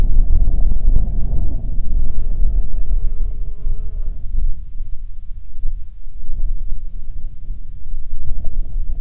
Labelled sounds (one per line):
wind
insects